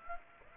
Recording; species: mosquito wingbeat signal from an infrared sensor; Aedes aegypti